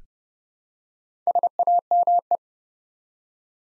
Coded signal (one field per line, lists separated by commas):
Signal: Morse code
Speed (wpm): 30 wpm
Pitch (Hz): 700 Hz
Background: none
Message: SAME